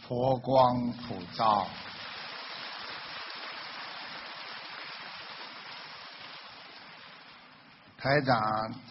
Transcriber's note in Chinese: 掌声